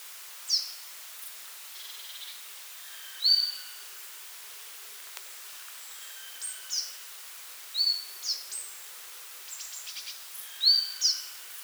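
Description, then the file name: Marsh Tit calls: several high upslurred whistled notes at uneven intervals, mixed with short dry chips and a quick rattling burst. "Poecile palustris"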